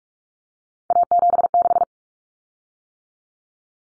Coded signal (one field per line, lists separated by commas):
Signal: Morse code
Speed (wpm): 44 wpm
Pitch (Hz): 700 Hz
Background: none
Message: A76